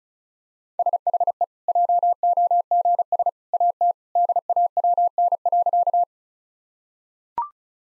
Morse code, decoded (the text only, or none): SHE JOGS AT DAWN.